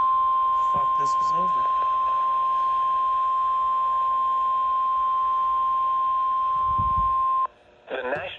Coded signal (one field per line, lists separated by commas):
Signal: Emergency Alert System (SAME) tones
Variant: 1050 Hz attention tone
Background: speech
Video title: (EAS #450) Severe Thunderstorm Warning for Dane and Green, Wisconsin